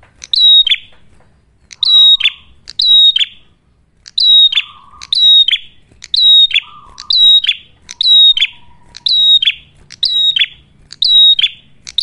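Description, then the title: Ashy tailorbird singing loud, high twittering phrases, each ending in a falling whistle, repeated about every second, with a few lower buzzy notes in between. Red-headed prenjak singing actively ('gacor'); clear recording meant for training caged birds (masteran) or luring (pikat). "Masteran Duet Cililin Vs Kapas Tembak. Prenjak Kepala Merah Gacor [ Suara Jernih, Sangat Cocok Buat Masteran Ataupun Buat Pikat ]"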